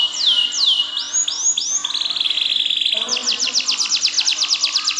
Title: Ini Baru Kenari!